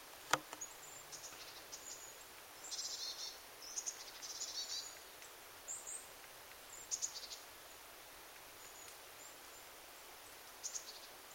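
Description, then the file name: Eurasian blue tit producing faint, high chattering churrs in several short bursts, mostly in the first half, plus occasional thin high ticks over steady hiss. "Cyanistes caeruleus"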